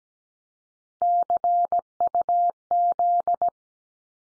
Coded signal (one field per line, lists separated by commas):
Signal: Morse code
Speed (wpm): 17 wpm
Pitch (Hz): 700 Hz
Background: none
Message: CUZ